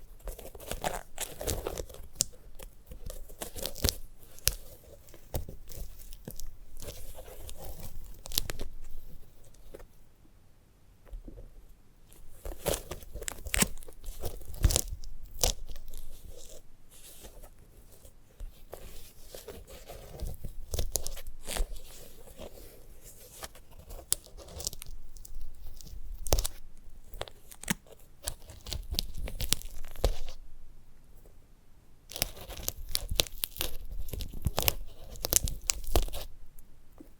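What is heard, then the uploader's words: Dry crunching and crackling from a sunflower head being handled, with dense bursts of sharp, bright snaps and tearing sounds. Activity comes in clusters separated by brief quieter pauses around 10, 19 and 31 seconds, with a soft low rustle underneath. ASMR of a Sunflower Head (No Talking).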